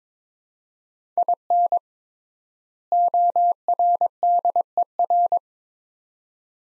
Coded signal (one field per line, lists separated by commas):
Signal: Morse code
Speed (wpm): 22 wpm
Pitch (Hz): 700 Hz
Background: none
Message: IN ORDER